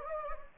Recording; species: mosquito wingbeat signal from an infrared sensor; Anopheles gambiae